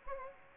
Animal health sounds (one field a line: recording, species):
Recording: mosquito wingbeat signal from an infrared sensor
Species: Anopheles gambiae